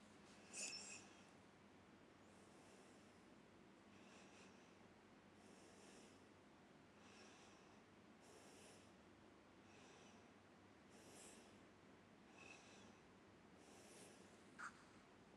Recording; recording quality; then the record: deep breathing; excellent, no background noise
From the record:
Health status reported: healthy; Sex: female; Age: 70 years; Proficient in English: yes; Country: India